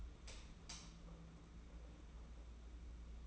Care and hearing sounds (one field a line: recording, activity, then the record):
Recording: daily activity, microphone in the room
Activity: light on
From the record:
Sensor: 1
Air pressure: 991.9 hPa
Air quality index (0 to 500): 210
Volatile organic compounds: 1000 ppm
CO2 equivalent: 8155 ppm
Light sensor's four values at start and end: 10/22/9/10 and 20/61/25/25